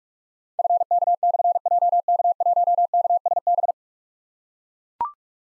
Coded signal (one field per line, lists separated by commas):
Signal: Morse code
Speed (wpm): 44 wpm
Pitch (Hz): 700 Hz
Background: none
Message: FK/JK1KSB